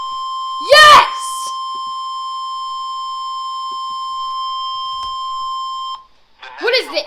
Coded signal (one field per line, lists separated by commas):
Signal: Emergency Alert System (SAME) tones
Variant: 1050 Hz attention tone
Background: speech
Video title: Severe T-Storm Warning Again :O [EAS #167]